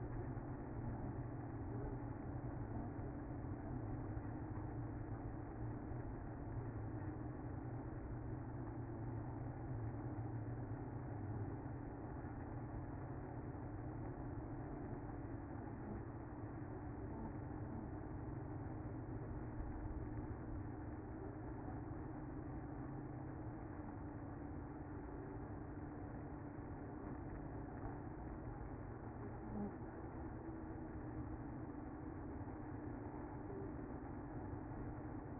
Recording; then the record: honeybee colony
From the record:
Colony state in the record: active